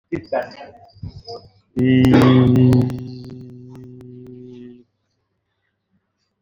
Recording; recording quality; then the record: sustained vowel as in beet; excellent, no background noise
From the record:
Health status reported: exposed to COVID-19, no respiratory illness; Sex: male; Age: 51 years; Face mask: not worn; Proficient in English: yes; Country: India